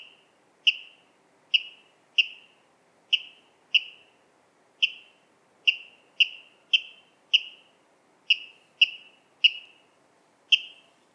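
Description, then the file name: Water rail repeating short, bright, downward-trailing notes roughly every half second to a second, in an otherwise quiet setting. "Waterral Rallus aquaticus"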